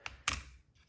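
The folding arm of a Hohem iSteady XE handheld smartphone gimbal is pulled out of its plastic storage lock. A sharp click at 0.1 s is followed by a louder snap at 0.3 s, leaving a brief rustle, and the arm is released.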